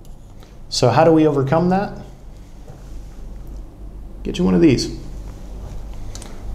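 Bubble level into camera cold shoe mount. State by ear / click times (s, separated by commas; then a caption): seated / 6.1 s, 6.2 s. Someone talks, then a small bubble level is pushed into the hot/cold shoe mount on the ball head of an Ulanzi MT 29 desktop tripod, added because the ball head has no level of its own. Two quick, sharp hits land at about 6.2 s as the level pops into the shoe and seats.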